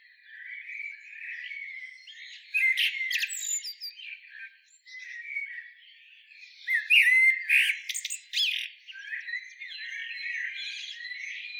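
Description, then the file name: Common blackbird singing in short warbled runs, broken by high squeaky twitters and sharp clicky notes, with a few louder bursts. "Turdus merula"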